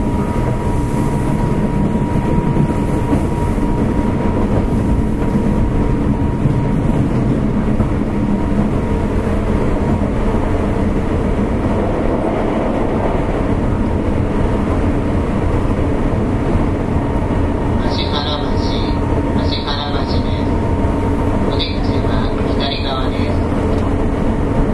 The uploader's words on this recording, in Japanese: JR201系電車 環状線内回り 大阪から天王寺まで。JR201系電車の走行音です。環状線 内回り列車にて収録。